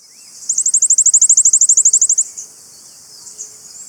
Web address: Natures Songs S America Birds of Ecuador 4 Fawn-Breasted Tanager